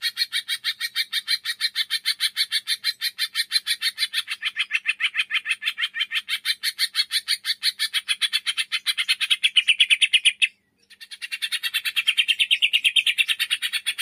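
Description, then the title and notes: Leafbird song: a long, rapid, rattling series of harsh repeated notes that swells in strength, breaks off briefly, then resumes at the same fast pace. Caged bird singing vigorously; masteran and pancingan audio for cage birds to learn from and to trigger singing. "Masteran & Pancingan Cucak Ijo Gacor. Burung Cucak Ijo"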